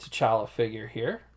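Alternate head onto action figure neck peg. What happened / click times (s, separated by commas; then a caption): Handled, not yet home: no seating click is heard / none. Someone talks while handling the alternate unmasked plastic head of a Hasbro Marvel Legends What If? T'Challa (Star-Lord) action figure, about to push it onto the figure's neck peg. The head has not yet seated or clicked onto the peg.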